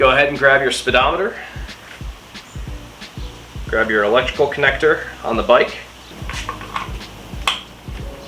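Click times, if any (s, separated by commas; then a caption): 7.5 s. Someone talks while a motorcycle's wiring harness electrical connector is pushed onto the plastic plug of the speedometer (instrument cluster) during an install on a Yamaha XSR900 or XSR700, with a few light handling taps from 6.3 s. A sharp plastic click at 7.5 s marks the connector locking in, and it is seated.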